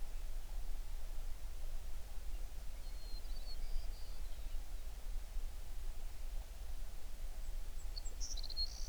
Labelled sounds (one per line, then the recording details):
songbird
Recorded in the Prudhoe Bay oil fields, Alaska, on 11 June 2019 at 05:45
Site 21